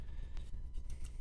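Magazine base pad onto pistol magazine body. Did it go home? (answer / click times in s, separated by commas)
yes / 0.4 s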